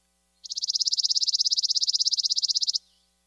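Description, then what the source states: Chipping Sparrow song: one dry, even, mechanical trill of rapid identical high notes lasting a little over two seconds, then silence. Mechanical trill sung throughout spring and summer, compared to a sewing machine: consistent, dry and mechanical; found in parks and orchards, especially with a few conifers.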